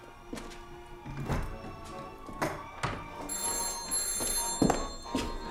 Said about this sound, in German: Das Telefon, Robert. Ja, ich höre es.